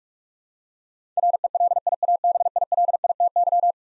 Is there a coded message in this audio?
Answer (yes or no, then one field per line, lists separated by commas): yes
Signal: Morse code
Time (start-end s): 1.2-3.7 s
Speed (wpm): 43 wpm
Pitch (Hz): 700 Hz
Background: none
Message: RELIABILITY